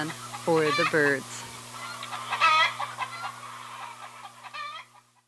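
Chicken calls: a few loud harmonic notes near the start, then quieter clucking notes fading away.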